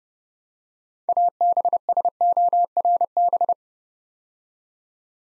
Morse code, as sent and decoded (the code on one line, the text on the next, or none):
.- -... ... --- .-. -...
ABSORB